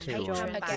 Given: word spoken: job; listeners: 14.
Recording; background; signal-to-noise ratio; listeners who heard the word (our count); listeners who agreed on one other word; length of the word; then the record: one English word in noise, from a listening test; four-talker babble; -2.0 dB; 1 of 14; 8 of 14; 0.36 s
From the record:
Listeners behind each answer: 8, 1, 1, 1, 1, 1, 1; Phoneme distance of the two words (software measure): 51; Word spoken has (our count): 1 syllable, 3 phonemes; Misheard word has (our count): 2 syllables, 6 phonemes, stress on syllable 1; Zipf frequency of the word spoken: 5.60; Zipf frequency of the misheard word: 3.61